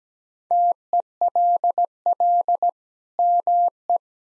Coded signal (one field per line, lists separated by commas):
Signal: Morse code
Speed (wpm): 17 wpm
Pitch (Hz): 700 Hz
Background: none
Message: TELL ME